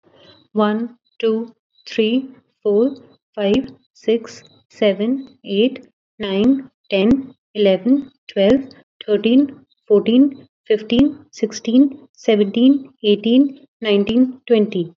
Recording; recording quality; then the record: counting at a normal pace; excellent, no background noise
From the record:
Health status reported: COVID-19 positive, no symptoms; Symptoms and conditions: none ticked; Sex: female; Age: 24 years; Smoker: not ticked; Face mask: not worn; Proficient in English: yes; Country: India